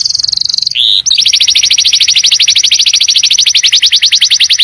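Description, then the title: White-eye song, loud high notes pulsed rapidly, a brief pause near one second, then a long run of fast repeated chirps. Masteran (tutor) recording of a white-eye in full song (gacor). "Masteran Burung Pleci Gacor Full Tembakan"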